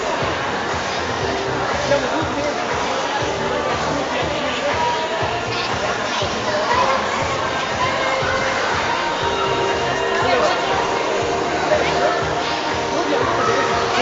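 Chatter and commotion at a soap-bubble workshop inside a shopping centre, a dense, steady babble of overlapping voices with no pauses. Children's and adults' voices mix into a constant din, with brief brighter shouts or squeals now and then.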